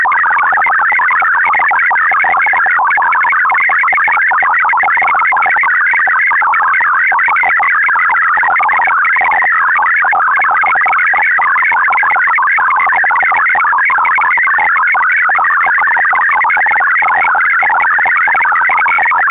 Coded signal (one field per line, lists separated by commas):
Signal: multi-tone FSK (Olivia or MFSK type)